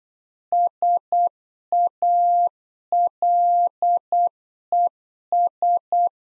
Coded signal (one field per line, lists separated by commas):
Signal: Morse code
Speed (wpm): 8 wpm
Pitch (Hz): 700 Hz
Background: none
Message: SALES